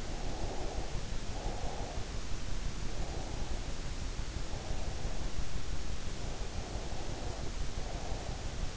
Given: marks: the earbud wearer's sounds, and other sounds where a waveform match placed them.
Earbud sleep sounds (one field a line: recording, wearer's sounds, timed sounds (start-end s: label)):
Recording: sounds in sleep by an in-ear microphone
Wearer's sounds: breath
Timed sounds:
0.05-1.93 s: breath
2.70-5.54 s: breath
6.25-8.77 s: breath